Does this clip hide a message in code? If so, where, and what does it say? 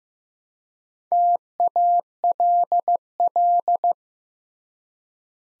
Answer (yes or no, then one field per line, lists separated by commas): yes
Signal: Morse code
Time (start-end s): 1.1-3.9 s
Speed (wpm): 15 wpm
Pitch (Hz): 700 Hz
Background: none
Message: TALL